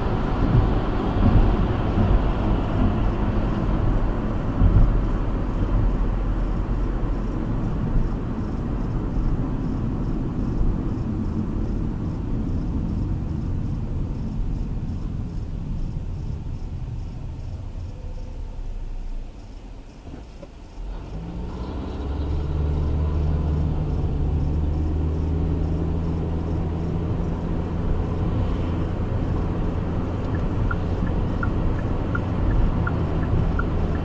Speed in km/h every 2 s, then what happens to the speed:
84, 76, 64, 58, 48, 40, 31, 21, 11, 5, 0, 16, 32, 44, 55, 64, 72.
1-19 brakes to 0. 19-21 standing. 21-34 pulls away to 72.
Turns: none.